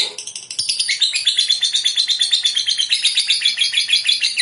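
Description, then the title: Lovebird song: a fast, steady series of shrill, buzzy chirps, many per second, forming a continuous high chatter. "Suara Lovebird"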